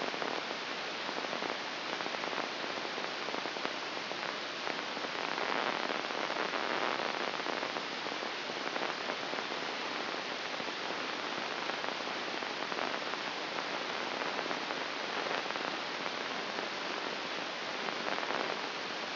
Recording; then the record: brain microelectrode recording played as sound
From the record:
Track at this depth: inside the subthalamic nucleus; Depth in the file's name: 0.955 mm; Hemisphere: right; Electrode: 2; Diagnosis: Parkinson's disease